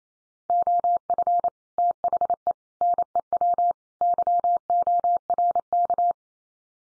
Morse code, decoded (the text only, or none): OF THE NEW YORK